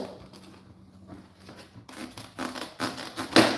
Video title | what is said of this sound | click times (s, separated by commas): Watch Me Rebuild a 2012 Malibu Front Bumper – LIVE! Part 2 | You can hear it when it snaps into place. | 3.4 s